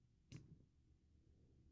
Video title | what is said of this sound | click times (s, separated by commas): How to clean a water air purifier | until it locks you hear a little snap and | 0.3 s